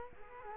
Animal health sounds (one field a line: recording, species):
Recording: mosquito wingbeat signal from an infrared sensor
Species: Culex quinquefasciatus